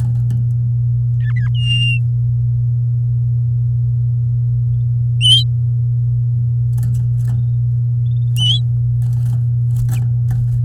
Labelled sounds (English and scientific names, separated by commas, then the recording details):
Domestic Canary (Serinus canaria) song
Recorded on 8 May 2018 at 08:03
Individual llb16